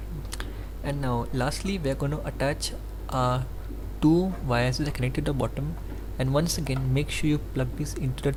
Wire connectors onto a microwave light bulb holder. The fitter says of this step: once again, doesn't matter, but make sure it clicks.